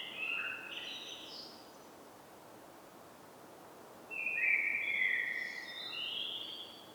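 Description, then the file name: Common blackbird song: a brief fluty phrase with squeaky notes, a quiet pause, then a second warbled phrase ending in higher twitters. "Turdus merula"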